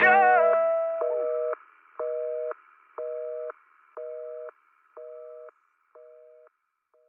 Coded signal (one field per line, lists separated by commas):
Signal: telephone call progress tone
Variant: North America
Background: music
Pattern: busy tone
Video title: Catch your Breath - Dial Tone (drums backing track)